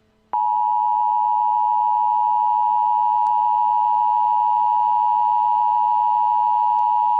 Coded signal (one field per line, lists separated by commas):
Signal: Emergency Alert System (SAME) tones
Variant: 853 and 960 Hz attention tone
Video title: THE BIOHAZARD. a EAS scenario